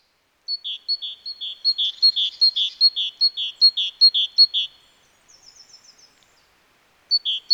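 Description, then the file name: Great tit giving a run of about ten quick paired notes, high then lower, followed by soft high twitters, silence, and a new run starting. "Parus major"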